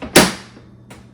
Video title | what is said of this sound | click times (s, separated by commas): Everything YOU Need to Know - Winix 5500-2 Air Purifier | And you'll hear that click on the side. | 0.2 s